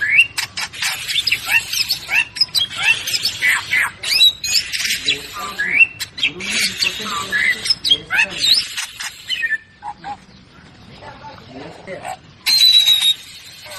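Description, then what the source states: Bird chirps and squawks in quick, overlapping bursts of rising and falling notes, then a quieter stretch with a few soft calls and a bright whistled phrase near the end. Bird ringtone with a melodious voice.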